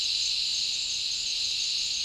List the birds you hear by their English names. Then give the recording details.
none. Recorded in dense forest near Puerto Asís, Putumayo, Colombia, on 20 February 2024 at 09:00. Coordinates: 0.502, -76.324. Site G6370